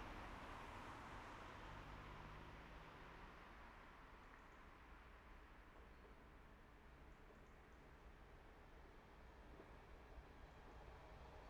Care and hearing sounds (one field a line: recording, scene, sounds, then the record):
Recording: everyday scene through a hearing-aid microphone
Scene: in traffic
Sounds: traffic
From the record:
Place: main road on the outskirts, rush hour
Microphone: behind the ear, right, front